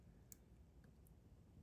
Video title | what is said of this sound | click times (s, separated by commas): 11th Gen Civic v4 Tail Lights Install! | just connect it until you hear that click. | 0.3 s